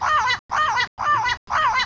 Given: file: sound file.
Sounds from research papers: Example of Northern dialect vocalizations at the recipient site.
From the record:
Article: Evidence for Vocal Learning and Limited Dispersal as Dual Mechanisms for Dialect Maintenance in a Parrot

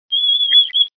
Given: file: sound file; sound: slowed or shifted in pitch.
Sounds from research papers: Complex vocalization from a male B6 pup at pnd 8.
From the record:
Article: Unusual Repertoire of Vocalizations in the BTBR T+tf/J Mouse Model of Autism

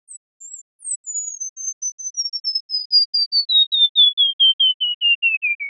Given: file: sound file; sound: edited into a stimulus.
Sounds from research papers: FM slope multiplied by 1.5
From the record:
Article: Singing in the Rain Forest: How a Tropical Bird Song Transfers Information

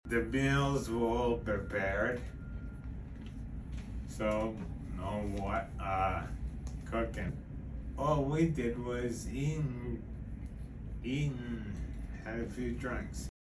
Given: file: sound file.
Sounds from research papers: Audio recording at sham stimulation. The patient and his family also noticed discernable differences in his speech at 30 Hz stimulation but not sham stimulation or other frequency stimulations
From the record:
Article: Effects of Low-Frequency Deep Brain Stimulation in Bilateral Zona Incerta for a Patient With Tremor and Cerebellar Ataxia

